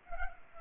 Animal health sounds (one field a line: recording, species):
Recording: mosquito wingbeat signal from an infrared sensor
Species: Culex pipiens